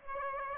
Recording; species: mosquito wingbeat signal from an infrared sensor; Aedes aegypti